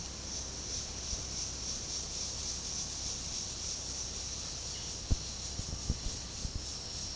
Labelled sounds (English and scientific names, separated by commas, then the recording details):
none
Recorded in secondary vegetation near Puerto Asís, Putumayo, Colombia, on 19 February 2024 at 10:00
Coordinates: 0.489, -76.322
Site G6419